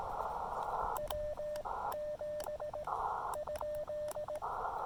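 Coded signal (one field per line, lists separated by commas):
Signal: Morse code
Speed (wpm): 18 wpm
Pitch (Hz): 600 Hz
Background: radio noise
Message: W 7 ?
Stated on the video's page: Morse code from a QRP summit activation using an Elecraft KX2 and Chameleon MPAS Lite antenna, during a solar flare.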